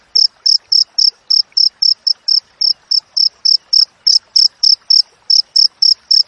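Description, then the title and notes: Cricket giving quick high chirps, nearly four per second, over a soft crackling background. Wild crickets with clear, closely spaced chirps, used for training songbirds and to repel rats. "Masteran Jangkrik Alam Jernih, Jeda Rapat Cocok Untuk Masteran Burung Dan Mengusir Tikus. suara jangkrik"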